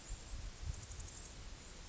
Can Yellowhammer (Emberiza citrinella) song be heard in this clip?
no